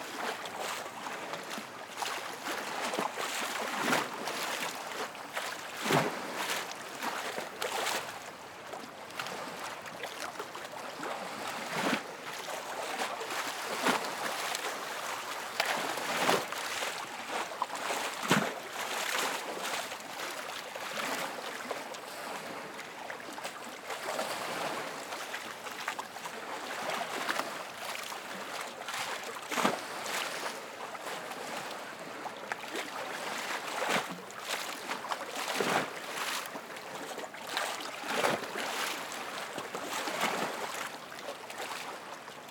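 Lake waves slap against a dock in a steady, dense wash of splashing, with sharp knocks and slaps every few seconds, more frequent around the middle and near the end. The sound is close and bright, with little deep rumble.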